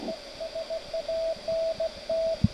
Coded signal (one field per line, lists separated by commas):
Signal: Morse code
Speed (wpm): 16 wpm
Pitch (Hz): 650 Hz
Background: radio noise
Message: ES ANT